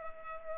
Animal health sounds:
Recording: mosquito wingbeat signal from an infrared sensor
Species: Culex pipiens

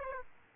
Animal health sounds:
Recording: mosquito wingbeat signal from an infrared sensor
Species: Aedes aegypti

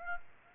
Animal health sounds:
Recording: mosquito wingbeat signal from an infrared sensor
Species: Aedes aegypti

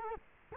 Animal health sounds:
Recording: mosquito wingbeat signal from an infrared sensor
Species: Culex quinquefasciatus

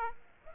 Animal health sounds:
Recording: mosquito wingbeat signal from an infrared sensor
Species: Aedes aegypti

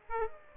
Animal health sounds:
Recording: mosquito wingbeat signal from an infrared sensor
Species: Aedes aegypti

